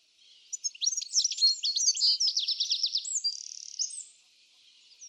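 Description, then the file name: European goldfinch singing: a fast jumble of bright twittering notes, then a few longer drawn-out notes, before it falls quiet. "Carduelis carduelis"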